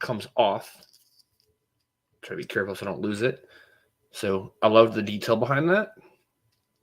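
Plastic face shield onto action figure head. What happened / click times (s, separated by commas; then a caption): A small plastic part is handled but not yet snapped in place / none. Someone talks while handling the removable plastic face shield of a NECA Super Shredder action figure, which is taken off the figure's head and is about to be pressed back on. Only speech is heard, with quiet gaps between phrases. Nothing has seated or clicked yet.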